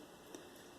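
A slightly bent metal bearing shield is pressed by hand into the freshly greased rear wheel hub bearing of a Lander/Tenere 250 motorcycle. A single short, sharp snap at 0.4 s rises above a quiet background as the shield seats in place, fitting though not perfectly because of the bend.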